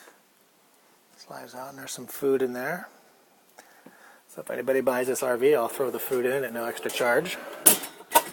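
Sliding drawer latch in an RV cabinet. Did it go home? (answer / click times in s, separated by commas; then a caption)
no / none. Someone talks while handling a sliding pantry drawer in an RV cabinet, one that releases by pulling up and is pushed back in until its latch locks so it won't rattle. Two short, sharp sounds are heard near 7.7 s and 8.2 s, but the drawer latch has not locked or seated yet.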